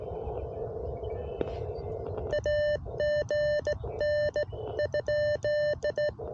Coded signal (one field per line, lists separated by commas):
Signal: Morse code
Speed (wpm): 16 wpm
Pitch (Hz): 600 Hz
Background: none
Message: AGN ?